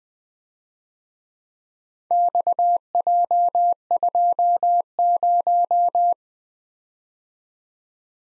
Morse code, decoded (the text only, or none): XJ20